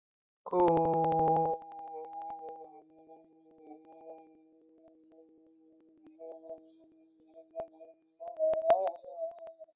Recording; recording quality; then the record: sustained vowel as in boot; moderate, slight background noise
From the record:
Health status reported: healthy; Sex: male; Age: 28 years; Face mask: not worn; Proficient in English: yes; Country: India